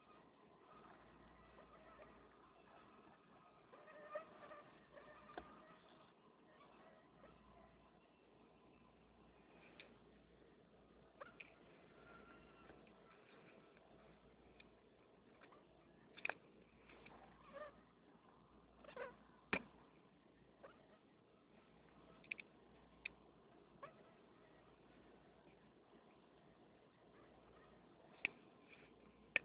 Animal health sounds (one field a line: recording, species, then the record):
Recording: mosquito flight sound by mobile phone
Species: Anopheles stephensi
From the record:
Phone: Nokia 6555B